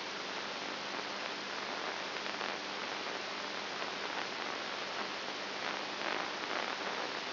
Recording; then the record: brain microelectrode recording played as sound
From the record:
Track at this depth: inside the subthalamic nucleus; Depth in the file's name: 5.5 mm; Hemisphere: right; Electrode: 2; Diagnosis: Parkinson's disease